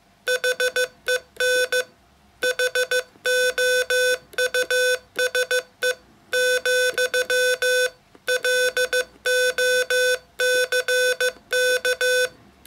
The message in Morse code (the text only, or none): HEN HOUSE , LOCK